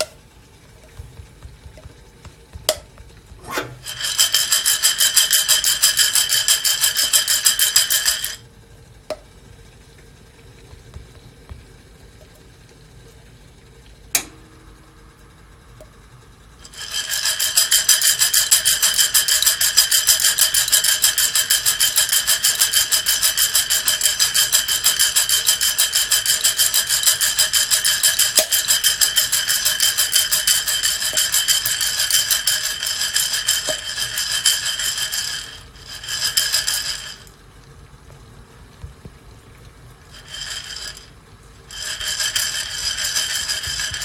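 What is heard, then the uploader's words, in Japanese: Green coffee beans roasting, heard as a bright, dense rattling hiss in bursts: briefly near the start, long from 17 to 35 seconds, then short spurts. 今朝は”キリマンジャロブレンド”生豆を焙煎。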